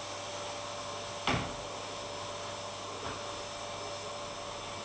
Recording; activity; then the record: daily activity, microphone in the room; vacuum cleaning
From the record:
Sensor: 1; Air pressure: 1007.7 hPa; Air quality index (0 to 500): 78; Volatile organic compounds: 1 ppm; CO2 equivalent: 677 ppm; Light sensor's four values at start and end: 9/21/8/9 and 9/21/8/9